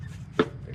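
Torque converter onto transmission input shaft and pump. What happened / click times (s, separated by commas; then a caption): A heavy splined part dropped one step onto its shaft, not yet fully seated / 0.4 s. A torque converter is rotated and pushed onto the input shaft and pump of a Turbo 350 transmission. A single sharp clunk is heard at 0.4 s as it drops onto one set of splines. This is only the first of three required clicks, so the converter is not fully home yet.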